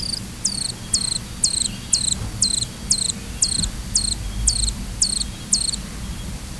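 Copper-rumped hummingbird calls: a steady series of thin, very high notes, each sliding down then levelling, repeated about twice a second over a low background hum.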